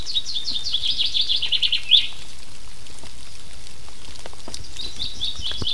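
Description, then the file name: Common chaffinch song: a bright trill of quick notes ending in a flourish, followed later by the start of another phrase, over steady pattering rain. "Fringilla coelebs"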